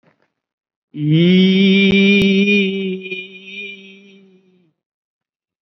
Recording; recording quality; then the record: sustained vowel as in beet; excellent, no background noise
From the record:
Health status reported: COVID-19 positive, mild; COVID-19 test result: positive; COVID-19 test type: RT-PCR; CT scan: not taken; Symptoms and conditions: breathing difficulty, fatigue, muscle pain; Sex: male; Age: 48 years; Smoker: no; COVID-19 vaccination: none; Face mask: not worn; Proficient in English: no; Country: India